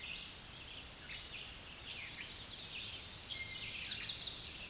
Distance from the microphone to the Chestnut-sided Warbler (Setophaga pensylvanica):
about 40 m